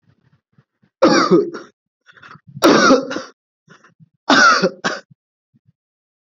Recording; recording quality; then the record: heavy voluntary cough; excellent, no background noise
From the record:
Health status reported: healthy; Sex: female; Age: 30 years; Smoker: no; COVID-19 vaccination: both doses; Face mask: not worn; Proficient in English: yes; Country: India